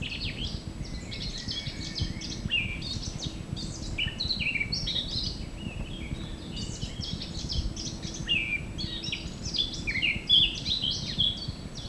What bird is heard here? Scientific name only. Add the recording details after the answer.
Sylvia atricapilla. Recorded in the wild. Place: Schielleiten, Steiermark, AT. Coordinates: 47.2276, 15.8273. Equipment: Uher 4000. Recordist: Brunner, Thomas. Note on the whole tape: Mönchsgrasmücke, Gesang. Anfang Juni 1968